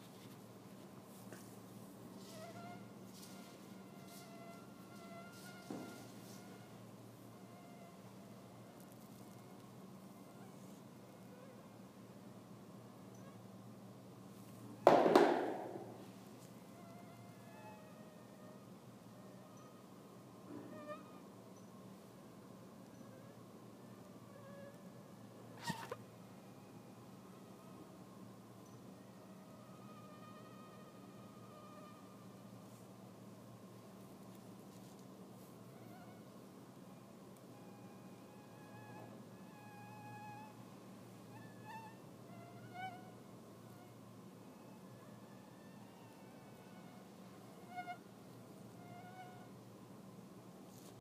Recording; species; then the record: mosquito flight sound by mobile phone; Anopheles minimus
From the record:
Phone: iPhone 6